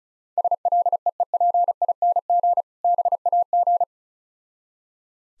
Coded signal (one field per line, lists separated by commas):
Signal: Morse code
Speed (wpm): 34 wpm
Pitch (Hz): 700 Hz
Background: none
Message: SLEEPING BAG